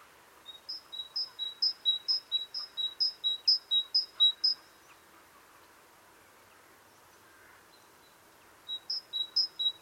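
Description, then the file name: Great tit singing a rapid see-saw of high and lower notes for several seconds, falling silent, then starting the same two-note phrase again near the end. "Parus major"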